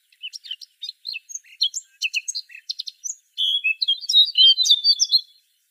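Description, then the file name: Eurasian blackcap song: a scratchy, jumbled warble of quick high notes building into louder, clearer fluting phrases near the end. "Sylvia atricapilla"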